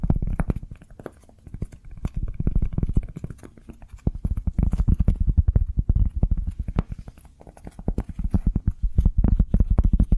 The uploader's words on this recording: ASMR Cork Triggers. (No Talking).